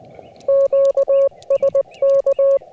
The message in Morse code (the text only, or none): QSK